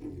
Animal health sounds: pig call; weaner (32 to 43 days)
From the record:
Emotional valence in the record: negative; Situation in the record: negative conditioning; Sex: female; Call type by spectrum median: low-frequency call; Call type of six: low-frequency stable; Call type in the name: low-frequency stable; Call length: 0.20 s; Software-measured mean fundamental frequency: 33 Hz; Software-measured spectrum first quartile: 125 Hz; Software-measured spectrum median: 264 Hz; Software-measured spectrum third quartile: 339 Hz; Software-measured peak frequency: 306 Hz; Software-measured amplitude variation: 132 dB a second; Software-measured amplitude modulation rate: 27.5 a second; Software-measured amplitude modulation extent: 4.8 dB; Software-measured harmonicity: 1.2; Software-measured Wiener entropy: 0.47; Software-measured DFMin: 1290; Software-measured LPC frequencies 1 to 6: 328, 2031, 2384, 3320, 4259, 5386 Hz

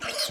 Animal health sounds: pig call; piglet (1 to 25 days)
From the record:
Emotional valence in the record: negative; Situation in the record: fighting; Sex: male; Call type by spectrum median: high-frequency call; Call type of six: high-frequency stable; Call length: 0.31 s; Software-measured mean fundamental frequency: 250 Hz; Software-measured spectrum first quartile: 1528 Hz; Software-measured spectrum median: 3648 Hz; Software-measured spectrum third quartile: 5428 Hz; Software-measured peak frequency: 596 Hz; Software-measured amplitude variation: 113 dB a second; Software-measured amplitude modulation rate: 20.8 a second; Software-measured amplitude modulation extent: 5.4 dB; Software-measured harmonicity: 1.4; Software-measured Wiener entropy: -1.47

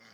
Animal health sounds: pig call; piglet (1 to 25 days)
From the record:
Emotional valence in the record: positive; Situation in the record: reunion after long isolation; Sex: female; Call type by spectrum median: low-frequency call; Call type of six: low-frequency stable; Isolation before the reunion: 8 minutes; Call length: 0.14 s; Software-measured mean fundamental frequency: 113 Hz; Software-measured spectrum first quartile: 1178 Hz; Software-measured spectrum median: 2139 Hz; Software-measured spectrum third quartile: 4542 Hz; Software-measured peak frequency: 2104 Hz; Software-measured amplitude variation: 72 dB a second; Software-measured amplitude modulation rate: 20.8 a second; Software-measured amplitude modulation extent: 3.5 dB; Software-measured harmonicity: -0.5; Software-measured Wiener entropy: -1.28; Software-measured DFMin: 586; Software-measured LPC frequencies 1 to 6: 588, 1446, 2063, 3153, 4646, 5228 Hz

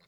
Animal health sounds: pig call; piglet (1 to 25 days)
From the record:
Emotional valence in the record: positive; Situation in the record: short reunion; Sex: female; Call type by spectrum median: low-frequency call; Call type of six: low-frequency tonal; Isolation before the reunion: 3 minutes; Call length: 0.07 s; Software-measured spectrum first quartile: 764 Hz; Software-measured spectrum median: 2172 Hz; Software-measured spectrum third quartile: 4227 Hz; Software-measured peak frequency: 4105 Hz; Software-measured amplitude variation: 55 dB a second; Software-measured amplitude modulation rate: 6.7 a second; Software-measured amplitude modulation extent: 8.1 dB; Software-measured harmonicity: 1.5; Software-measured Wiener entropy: -1.28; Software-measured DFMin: 404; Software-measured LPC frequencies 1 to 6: 983, 2156, 3703, 4177, 5049, 6985 Hz

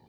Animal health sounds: pig call; piglet (1 to 25 days)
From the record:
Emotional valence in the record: positive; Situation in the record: short reunion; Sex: female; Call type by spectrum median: low-frequency call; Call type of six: low-frequency stable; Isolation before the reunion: 3 minutes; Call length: 0.09 s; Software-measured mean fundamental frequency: 49 Hz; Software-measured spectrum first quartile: 195 Hz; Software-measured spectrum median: 456 Hz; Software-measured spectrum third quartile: 1187 Hz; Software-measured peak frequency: 118 Hz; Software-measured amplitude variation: 63 dB a second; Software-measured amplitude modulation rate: 11.4 a second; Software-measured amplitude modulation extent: 5.5 dB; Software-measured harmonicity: -1.4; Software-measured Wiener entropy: -0.47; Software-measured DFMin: 712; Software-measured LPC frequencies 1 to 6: 833, 1961, 4054, 4683, 5687, 6624 Hz

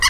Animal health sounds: pig call; piglet (1 to 25 days)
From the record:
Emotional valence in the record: positive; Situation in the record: reunion after long isolation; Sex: male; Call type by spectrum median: high-frequency call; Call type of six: low-frequency tonal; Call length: 0.11 s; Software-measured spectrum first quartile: 1692 Hz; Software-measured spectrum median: 2956 Hz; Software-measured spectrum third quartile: 5270 Hz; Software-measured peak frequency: 1919 Hz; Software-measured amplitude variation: 60 dB a second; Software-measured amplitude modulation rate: 4.7 a second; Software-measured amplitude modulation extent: 12.6 dB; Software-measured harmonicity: 8.1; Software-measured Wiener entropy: -2.71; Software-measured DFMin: 1087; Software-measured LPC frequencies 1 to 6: 1078, 1978, 2986, 4359, 4964, 6048 Hz

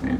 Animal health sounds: pig call; growing-finishing pig (85 days or more)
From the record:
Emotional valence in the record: positive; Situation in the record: enriched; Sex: female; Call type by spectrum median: low-frequency call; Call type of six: low-frequency tonal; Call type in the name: low-frequency stable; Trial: 2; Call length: 0.20 s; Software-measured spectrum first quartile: 214 Hz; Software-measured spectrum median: 292 Hz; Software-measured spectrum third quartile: 736 Hz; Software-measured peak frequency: 257 Hz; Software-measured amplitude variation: 165 dB a second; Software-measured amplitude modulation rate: 22.8 a second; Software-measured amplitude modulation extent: 7.2 dB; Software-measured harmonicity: 4.1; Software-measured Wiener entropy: -1.13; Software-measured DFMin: 1293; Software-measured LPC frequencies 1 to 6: 268, 1804, 2259, 3259, 3899, 5376 Hz

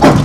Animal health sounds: pig call; growing-finishing pig (85 days or more)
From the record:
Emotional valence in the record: positive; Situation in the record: run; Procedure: transit

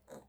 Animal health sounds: pig call; piglet (1 to 25 days)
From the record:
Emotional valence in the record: negative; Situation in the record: restrain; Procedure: back test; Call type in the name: low-frequency call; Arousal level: low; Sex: female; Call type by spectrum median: low-frequency call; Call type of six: low-frequency tonal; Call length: 0.29 s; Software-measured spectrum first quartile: 441 Hz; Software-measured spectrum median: 739 Hz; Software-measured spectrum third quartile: 2890 Hz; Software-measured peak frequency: 528 Hz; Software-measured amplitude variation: 188 dB a second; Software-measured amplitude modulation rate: 17.4 a second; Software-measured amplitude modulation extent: 10.8 dB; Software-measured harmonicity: 2.9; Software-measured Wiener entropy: -2.57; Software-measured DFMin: 1482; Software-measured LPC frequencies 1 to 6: 557, 3863, 6987, 8027, 10454, 11821 Hz

